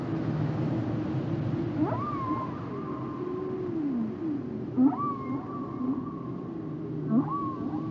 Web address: Whale Songs Whales and Dolphins - whale nature sounds songs